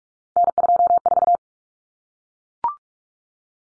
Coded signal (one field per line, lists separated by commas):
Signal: Morse code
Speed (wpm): 44 wpm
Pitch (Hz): 700 Hz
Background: none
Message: N24